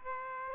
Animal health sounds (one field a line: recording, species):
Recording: mosquito wingbeat signal from an infrared sensor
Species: Aedes aegypti